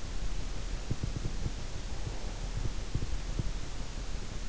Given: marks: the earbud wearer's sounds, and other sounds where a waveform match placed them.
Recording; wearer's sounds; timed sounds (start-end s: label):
sounds in sleep by an in-ear microphone; breath
0.96-2.67 s: breath